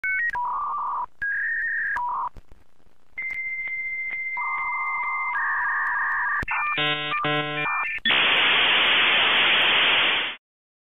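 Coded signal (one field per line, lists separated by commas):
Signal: dial-up modem handshake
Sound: dialing tones, answer tones, warbling negotiation, then loud steady hiss before cutting off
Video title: Dial Internet (Modem) - Sound Effect HD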